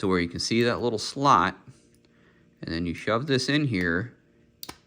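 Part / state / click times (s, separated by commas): knob retaining clip on a door lock cylinder / released / 4.6 s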